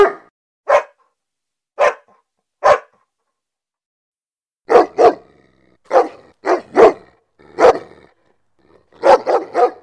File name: Tieng cho becgie sua